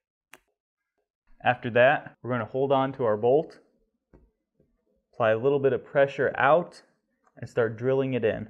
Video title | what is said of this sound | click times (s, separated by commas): Best ways ... How To mount Larger Objects On Your Walls | and then push it in until you hear it click. | 0.3 s